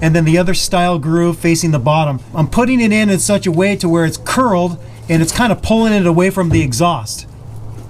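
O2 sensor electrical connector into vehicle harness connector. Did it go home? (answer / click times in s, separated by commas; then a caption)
no / none. Someone talks while handling an upstream O2 sensor wiring connector beneath a truck, lining it up with its mating plastic harness connector: two grooves on top, two on the side facing the outside of the vehicle, and the other style groove facing the bottom. The wiring is curled to pull it away from the exhaust. The connector has not been pushed home and nothing has clicked or seated yet.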